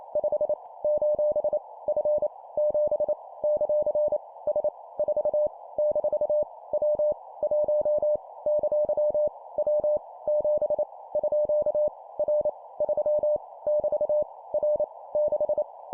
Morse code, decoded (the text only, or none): 5 : F 7 ; S 4 - W 1 ! W 7 _ R 3 <BT> R 6